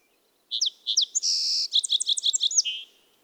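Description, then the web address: Song sparrow song: two or three sharp introductory notes, a sustained buzzy trill, then a rapid series of varied chips ending in a lower buzz. "soundandlightecologyteam"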